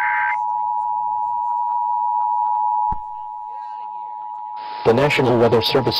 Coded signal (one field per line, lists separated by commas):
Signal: Emergency Alert System (SAME) tones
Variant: 853 and 960 Hz attention tone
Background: speech